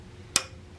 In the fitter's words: Okay, now that we heard the click, we know that it's securely in.